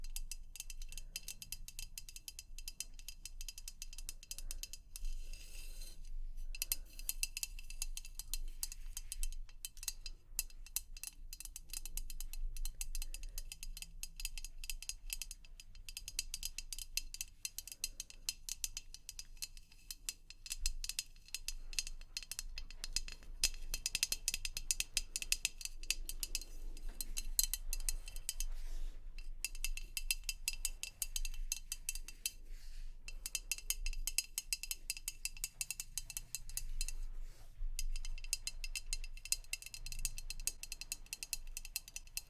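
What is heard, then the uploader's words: Rapid, dense tapping runs almost without pause for the whole stretch, a fast clicking patter like a ratchet or small gears turning. The clicks are crisp and bright, with brief thinner gaps near 6, 15 and 29 seconds and a faint low hum underneath. ASMR 100% Tapping for Relaxation & Tingles (No Talking).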